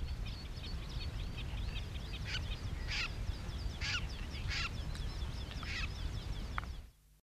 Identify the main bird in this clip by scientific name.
Gallinago gallinago